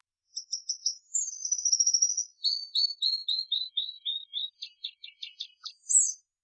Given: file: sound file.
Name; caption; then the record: robin-down Sampled; North Island robin song example.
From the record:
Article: Birdsong Denoising Using Wavelets